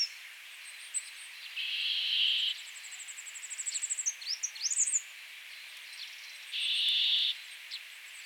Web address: Kashmir Nuthatch Sitta cashmirensis. kashmiri nuthatch call